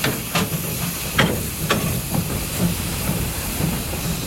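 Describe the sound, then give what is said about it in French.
A steam convoy train pulling away again after a stop, with a steady hiss and low rumble broken by sharp, irregular chuffs about every half second. No voices are heard. “Le train est donc reparti depuis peu.”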